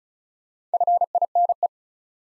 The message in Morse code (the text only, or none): FINE